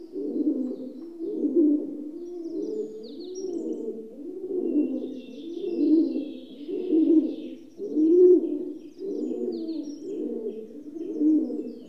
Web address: BBC Sound Effects Library. Rock Dove (Columba Livia) Coos